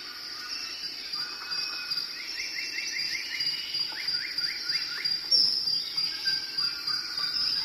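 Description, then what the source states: Birds calling in short bursts of quick rising chirps, some runs of five or six notes, over a constant high insect drone and background chirping. Birds recorded in a jungle.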